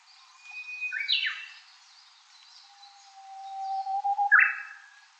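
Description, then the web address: Japanese bush warbler song: a sharp descending flourish, then a long low whistle rising into a quick bright ending phrase, faint bird chirps behind. "ウグイス. arpla 鳥の声研究室"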